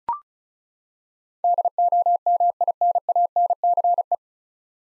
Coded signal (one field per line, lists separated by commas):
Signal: Morse code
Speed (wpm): 36 wpm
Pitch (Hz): 700 Hz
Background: none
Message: DOMINANCE